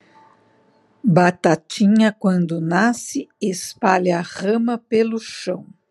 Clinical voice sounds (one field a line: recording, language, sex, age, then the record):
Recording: short text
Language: Brazilian Portuguese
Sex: female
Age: 60 to 69 years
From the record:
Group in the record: control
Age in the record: 61 years